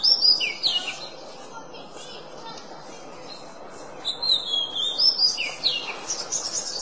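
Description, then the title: Oriental magpie-robin giving sweet whistled slurs at the start, then a quiet pause before a fresh burst of varied twittering phrases, over a hiss. "Kacer"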